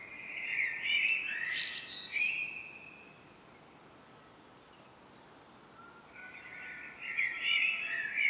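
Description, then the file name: Common blackbird song, a warbled fluty phrase ending in twitters, a long pause, then another phrase near the end over faint hiss. "Turdus merula"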